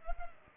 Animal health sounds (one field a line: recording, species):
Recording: mosquito wingbeat signal from an infrared sensor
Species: Culex pipiens